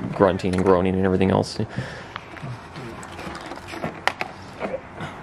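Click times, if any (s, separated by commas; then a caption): 4.1 s. Someone talks briefly, then quieter handling noise follows as a retaining clip is pushed back into the door mirror housing during a heated mirror retrofit on a Mk3 Focus. A sharp click at 4.1 s marks the clip snapping back in and seating, with a smaller tick right after.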